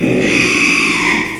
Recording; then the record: squeal of a Yucatan mini pig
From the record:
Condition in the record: after surgery on the right vocal fold (resection and tissue-engineered implant); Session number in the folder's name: 1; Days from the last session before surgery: 6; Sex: male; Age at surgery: 12 weeks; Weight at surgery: 13 kg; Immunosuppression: cyclosporine, prednisolone